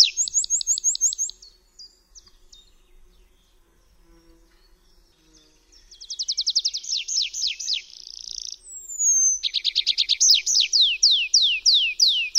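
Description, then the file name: Tree pipit song in two bursts: quick high repeated notes, a pause with faint sounds, then a rapid trill and long downslurred notes repeated in a series. "ŚWIERGOTEK DRZEWNY"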